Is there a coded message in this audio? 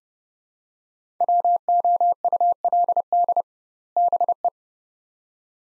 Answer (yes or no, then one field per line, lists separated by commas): yes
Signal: Morse code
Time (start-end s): 1.2-4.5 s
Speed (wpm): 32 wpm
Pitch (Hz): 700 Hz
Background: none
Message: WOULD BE